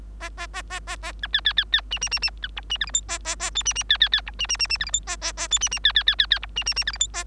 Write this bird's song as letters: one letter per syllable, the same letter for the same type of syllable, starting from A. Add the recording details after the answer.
A A A A A A B C C C C D D D D B E D F G H A A A I D D C C C E D D D D F G H A A A I D D C C C C C E D D D F G H A. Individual Bird3